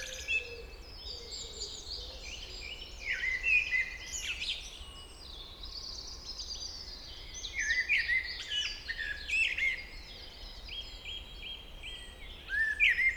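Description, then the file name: Common blackbird giving scattered mellow warbled phrases separated by pauses, over a steady background hiss. "Turdus merula"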